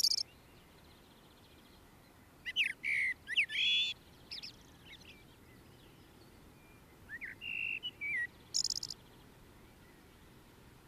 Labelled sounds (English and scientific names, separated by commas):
Common Blackbird (Turdus merula) song